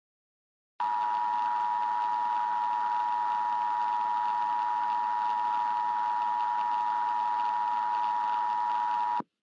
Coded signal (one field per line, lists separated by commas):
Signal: Emergency Alert System (SAME) tones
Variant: 853 and 960 Hz attention tone